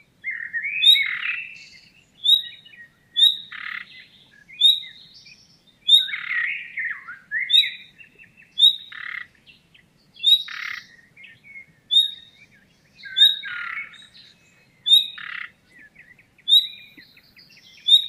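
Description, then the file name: Common nightingale delivering a long run of phrases, each opening with a piercing whistle, many followed by harsh buzzy rattles, repeated with short gaps. "Luscinia megarhynchos"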